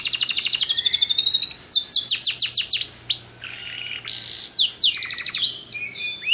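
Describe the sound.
Bird song: a fast high trill, then a run of sharp downslurred whistles, a brief harsh burst, and more varied slurred notes and chips.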